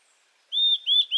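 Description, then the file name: Blue-and-white flycatcher: two clear, sustained high whistles, then the start of a third, cut off at the end. "cyanoptila cyanomelana twitter"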